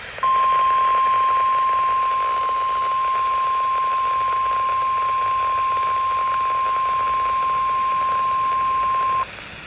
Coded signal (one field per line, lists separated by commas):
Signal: Emergency Alert System (SAME) tones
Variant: 1050 Hz attention tone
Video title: EAS #13-14 KDO89 and WWG49 Required Weekly Test 2/21/24.